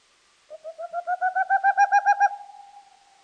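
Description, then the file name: Boreal owl giving one fast series of hollow hoots that swell in loudness and rise slightly in pitch, then fade into a trailing hum. "wlochatka"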